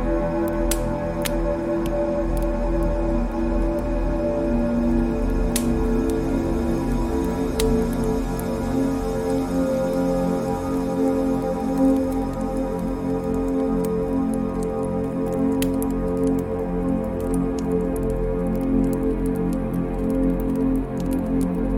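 A fireplace burns with a steady, low, warm hum and a soft, dense bed of rustling. Sharp pops and crackles break through now and then, clustered near the start and again around the middle and late in the clip, each one brief and bright.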